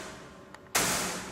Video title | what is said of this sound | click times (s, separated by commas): "ReFace for dated fireplace" by Fireplace & BarBQ Center | and you can kind of hear it catch when I put it on there. | 0.5 s, 0.7 s